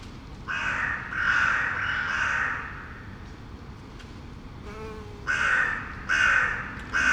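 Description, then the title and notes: Crow giving harsh caws, three in a row, then a quiet gap with faint sounds before a few more caws, the last cut off. Recorded in Saint-Gilles, Belgium, with AB-spaced microphones into a portable field recorder. "Saint-Gilles, Belgique - Bees, crows and pigeons. Abeilles, corneilles et quelques pigeons"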